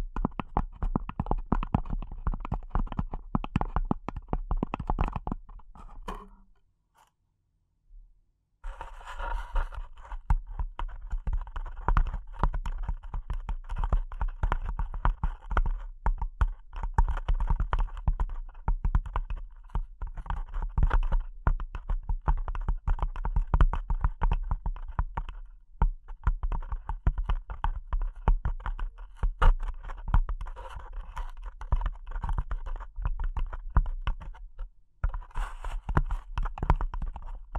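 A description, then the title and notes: Delicate tapping goes on almost without pause, a dense patter of quick, light clicks at a steady rate. It drops out briefly around six to eight seconds, then resumes, with small dips near 26 and 35 seconds. A low hum sits underneath throughout. ASMR Delicate Tapping (No Talking).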